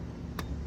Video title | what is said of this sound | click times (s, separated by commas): How to change/fix spark plugs(p0300-p0306) 2008 Honda Accord | You hear the click, then you screw it in. | 0.4 s